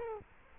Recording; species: mosquito wingbeat signal from an infrared sensor; Culex quinquefasciatus